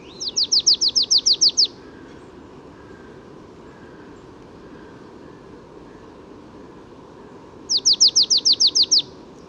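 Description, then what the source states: Marsh Tit giving two fast rattling phrases of many high notes, separated by about six seconds of quiet. Spring morning; third marsh tit heard that morning; only resident birds singing, migrants not yet arrived; birds well fed at feeders begin singing as soon as mild weather arrives.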